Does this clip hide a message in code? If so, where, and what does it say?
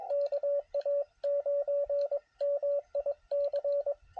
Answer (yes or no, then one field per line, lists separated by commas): yes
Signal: Morse code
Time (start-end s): 0.1-3.9 s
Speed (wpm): 21 wpm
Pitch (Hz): 560 Hz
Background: radio noise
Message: KA9MIC